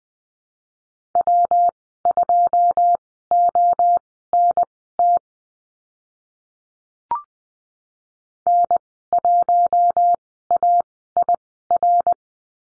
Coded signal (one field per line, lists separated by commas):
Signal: Morse code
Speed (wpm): 20 wpm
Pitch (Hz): 700 Hz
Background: none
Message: W2ONT N1AIR